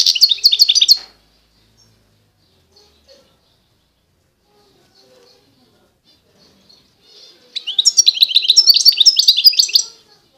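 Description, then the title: European goldfinch song: a short burst of rapid twittering, about six quiet seconds, then a longer tinkling, jangling phrase of quick notes. Wild bird, singing. "اجمل غناءالحسون الخلويchant chardonneret sauvage collection"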